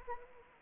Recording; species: mosquito wingbeat signal from an infrared sensor; Anopheles arabiensis